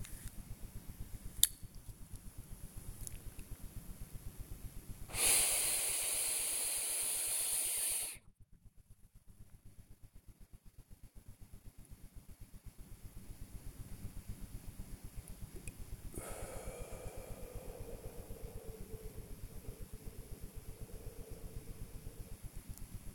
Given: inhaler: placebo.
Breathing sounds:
one use of a dry powder inhaler by a smartwatch
1.07-1.88 s: inhaler activation
5.03-8.28 s: inhalation
16.10-22.56 s: exhalation

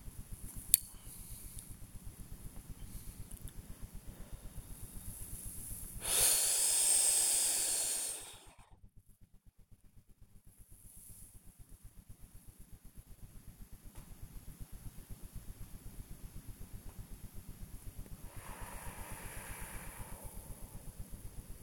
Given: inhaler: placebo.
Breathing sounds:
one use of a dry powder inhaler by a smartwatch
0.27-1.04 s: inhaler activation
3.95-5.17 s: exhalation
5.94-8.82 s: inhalation
18.16-21.25 s: exhalation

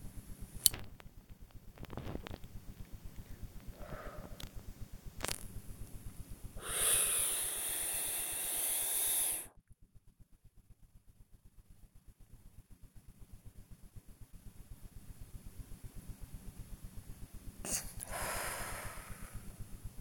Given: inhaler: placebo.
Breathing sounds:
one use of a dry powder inhaler by a smartwatch
0.23-1.13 s: inhaler activation
3.63-4.67 s: exhalation
6.49-9.64 s: inhalation
17.57-19.86 s: exhalation

